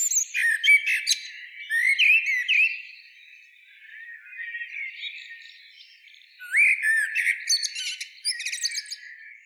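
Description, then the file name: Common blackbird giving harsh squawks and shrill chirps in two loud bursts, separated by a few seconds of soft, thin twittering. "Turdus merula"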